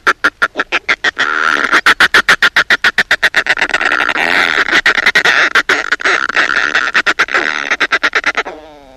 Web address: northern fulmar